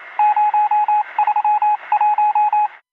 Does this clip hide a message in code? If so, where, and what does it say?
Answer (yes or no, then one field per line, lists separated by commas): yes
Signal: Morse code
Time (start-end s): 0.2-2.7 s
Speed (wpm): 27 wpm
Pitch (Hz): 840 Hz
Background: radio noise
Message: 031